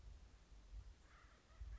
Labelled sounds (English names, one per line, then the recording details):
Acorn Woodpecker
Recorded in Sonoma County, California